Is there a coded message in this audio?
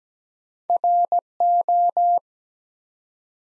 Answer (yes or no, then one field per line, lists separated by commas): yes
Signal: Morse code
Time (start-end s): 0.7-2.2 s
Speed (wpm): 17 wpm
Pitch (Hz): 700 Hz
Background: none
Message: RO